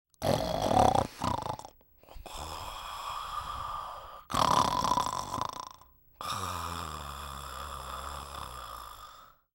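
Snoring from an adult: loud harsh snores alternating with quieter, longer breaths, with a steady low rumble on one breath.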